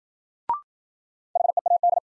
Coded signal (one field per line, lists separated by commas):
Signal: Morse code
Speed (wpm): 53 wpm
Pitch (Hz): 700 Hz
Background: none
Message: HEAD